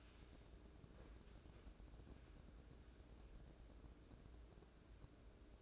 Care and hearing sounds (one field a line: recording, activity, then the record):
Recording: daily activity, microphone in the room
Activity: wipe stove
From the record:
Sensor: 2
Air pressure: 1012.2 hPa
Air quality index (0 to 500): 154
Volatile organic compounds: 2 ppm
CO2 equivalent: 1128 ppm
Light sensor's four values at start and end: 374/934/369/382 and 374/934/370/383